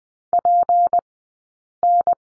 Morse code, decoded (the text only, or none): PN